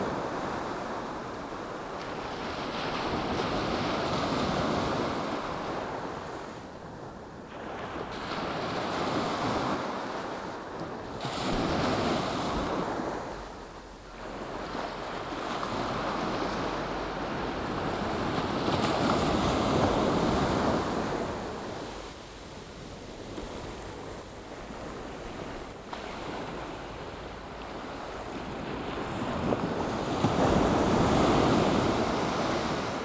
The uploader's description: the waves from Nairn beach